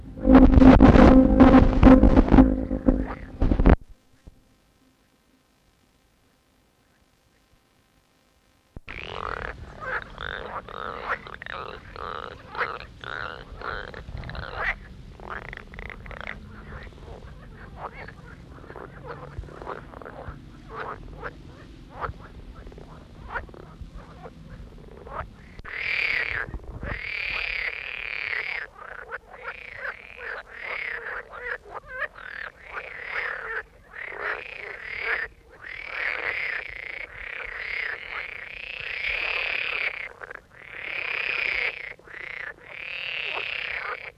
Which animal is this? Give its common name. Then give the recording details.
Edible Frog. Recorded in the wild. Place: Falkenberger Rieselfelder, Barnim, Berlin, DE. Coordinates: 52.5839, 13.5542. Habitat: pond. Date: 1967-06-10. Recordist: Günther, Rainer. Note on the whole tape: Kleiner Tümpel bei Falkenberg: Rufe, oft Poppgeräusche